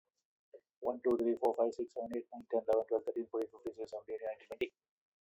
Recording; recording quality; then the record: counting at a fast pace; excellent, no background noise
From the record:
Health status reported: exposed to COVID-19, no respiratory illness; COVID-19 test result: negative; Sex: male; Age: 53 years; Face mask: worn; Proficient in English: yes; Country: India